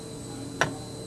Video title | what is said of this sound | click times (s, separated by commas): Upgrading the BF 1090 with an Average Joe Disc Fix Kit | boom it's seated | 0.6 s